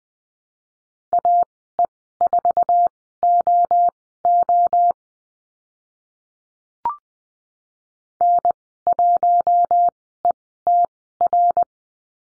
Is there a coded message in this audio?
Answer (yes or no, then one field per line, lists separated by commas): yes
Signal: Morse code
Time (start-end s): 1.1-11.6 s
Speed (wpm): 20 wpm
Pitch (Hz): 700 Hz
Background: none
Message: AE4OO N1ETR